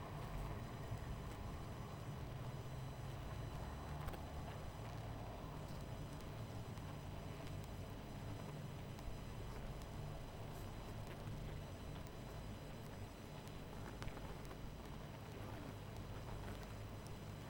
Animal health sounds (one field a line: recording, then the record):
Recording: honeybee colony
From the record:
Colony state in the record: missing queen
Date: 14 July 2017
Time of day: 22:38